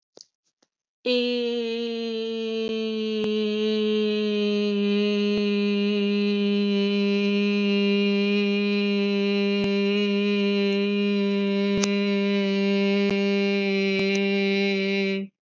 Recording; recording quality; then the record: sustained vowel as in made; excellent, no background noise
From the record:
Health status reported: exposed to COVID-19, no respiratory illness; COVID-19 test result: negative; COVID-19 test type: RT-PCR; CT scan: not taken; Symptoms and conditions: cough, cold, fatigue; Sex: female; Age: 23 years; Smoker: no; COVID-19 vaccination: both doses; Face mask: not worn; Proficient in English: yes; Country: India